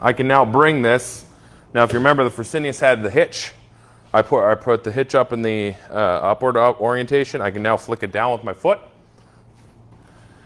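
A man talks while a metal cart hitch on a motorized dialysis cart is flicked down with his foot from its upward position and lined up to couple to a second cart, before the carts are pushed together. Nothing has clicked or engaged yet in this stretch.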